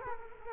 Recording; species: mosquito wingbeat signal from an infrared sensor; Culex quinquefasciatus